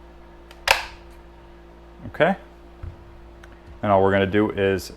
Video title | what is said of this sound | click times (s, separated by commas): Craftsman Orbital Sander Tutorial Model CMCW220 | in the housing and just slide it in until you hear a click. | 0.7 s